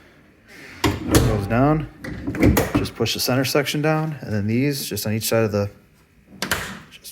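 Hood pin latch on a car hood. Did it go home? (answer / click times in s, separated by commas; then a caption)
yes / 6.4 s. Someone talks about pushing down the center section of a Quik-Latch QL-38 hood pin latch on a carbon fiber RKSport car hood. One side of the latch is then pushed down and clicks shut with a sharp click at 6.4 s, seating it.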